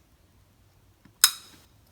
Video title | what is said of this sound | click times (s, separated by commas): *New Best Action Cam & Mount #DJI vs #GoPro | you hear that click a very positive engagement | 1.2 s